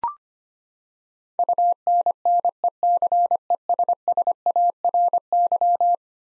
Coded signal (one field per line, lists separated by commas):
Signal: Morse code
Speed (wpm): 25 wpm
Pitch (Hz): 700 Hz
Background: none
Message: UNNECESSARY